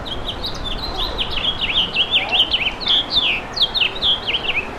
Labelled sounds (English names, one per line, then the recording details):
House Finch song
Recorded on Long Island, New York, on 3 June 2012
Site FB
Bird A